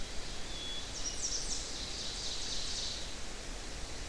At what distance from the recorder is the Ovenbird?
about 55 m